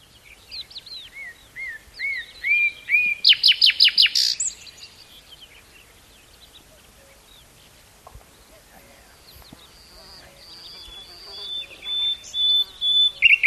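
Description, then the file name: Common nightingale song: sliding whistled notes and a loud rapid rattle, a quiet stretch, then high drawn-out whistles returning at the end. "Luscinia megarhynchos"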